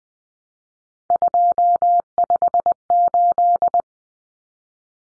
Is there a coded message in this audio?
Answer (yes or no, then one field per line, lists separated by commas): yes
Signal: Morse code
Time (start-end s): 1.1-3.8 s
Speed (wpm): 20 wpm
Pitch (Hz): 700 Hz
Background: none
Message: 258